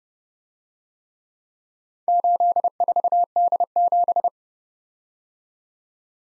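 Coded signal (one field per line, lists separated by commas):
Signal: Morse code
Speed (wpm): 34 wpm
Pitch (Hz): 700 Hz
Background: none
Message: 84D7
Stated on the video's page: Four letter-number combinations in Morse, Speed-Racing practice format starting fast and slowing to a 30wpm base, with a final repeat at maximum speed.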